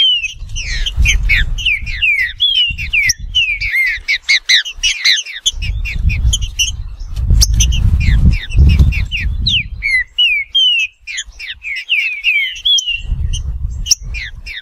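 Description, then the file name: Green-winged saltator song, a dense run of clear downslurred whistles and chips, with brief pauses and a low rumble in the background. "canto do trinca ferro"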